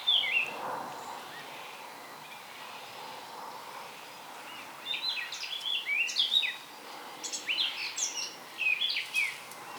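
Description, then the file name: Eurasian blackcap warbling, one brief note at the start, then a fast jumble of varied chirps and fluty phrases over the second half. "Sylvia atricapilla"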